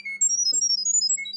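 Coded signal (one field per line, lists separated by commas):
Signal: data over sound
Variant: Chirp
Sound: quick burst of about twenty short high-pitched beeping tones, like a chirpy melody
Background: low electrical hum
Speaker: so it recognizes it and it seems that it's blue okay cool great awesome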